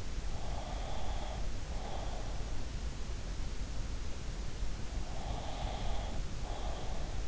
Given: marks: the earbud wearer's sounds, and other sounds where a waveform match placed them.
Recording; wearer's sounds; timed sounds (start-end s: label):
sounds in sleep by an in-ear microphone; breath
0.17-2.50 s: breath
4.93-7.28 s: breath